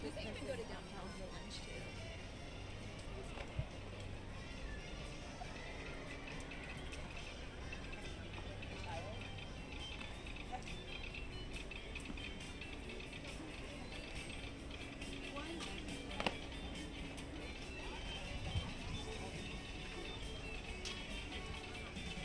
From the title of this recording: Disneyland Park Binaural Walk Through